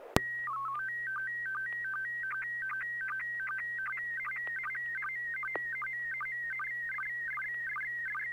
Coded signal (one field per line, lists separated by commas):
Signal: SSTV (slow-scan television)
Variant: PD 50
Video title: N6NA SSTV Net - 02/10/2021